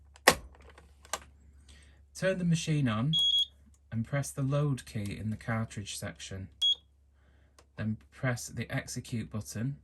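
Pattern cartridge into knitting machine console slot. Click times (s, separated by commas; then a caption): 0.3 s. A plastic pattern cartridge, writing facing out, is lined up and pushed into the slot under the flap between the row counter and the console of a Brother KH-270 knitting machine, which is switched off as required for insertion. It seats with a sharp click at 0.3 s, followed by a few small ticks. Someone then talks while short high beeps sound in the background.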